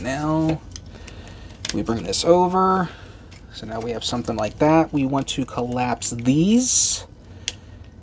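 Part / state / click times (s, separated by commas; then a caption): action figure panels into the figure's body / seated / 7.5 s. Someone talks while collapsing plastic panels on a Transformers Legacy Evolution Dreadwing action figure during transformation, folding them into the figure's body. A sharp plastic click at 7.5 s marks the panels clipping into place, seated.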